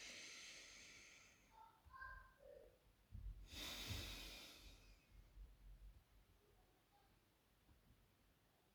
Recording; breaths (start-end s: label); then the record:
nose breathing near a microphone
0.00-1.70 s: inhalation
3.37-5.81 s: exhalation
7.55-8.75 s: inhalation
From the record:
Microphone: phone